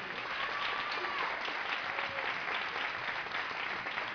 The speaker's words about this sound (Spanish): Un aplauso para Belén.